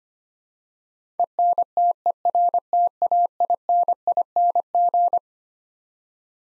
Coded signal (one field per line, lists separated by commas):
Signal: Morse code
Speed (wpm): 25 wpm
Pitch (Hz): 700 Hz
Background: none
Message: ENTERTAINING